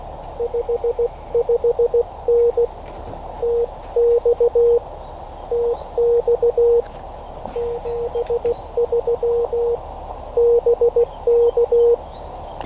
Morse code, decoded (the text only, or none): 55N TX TX 73 BK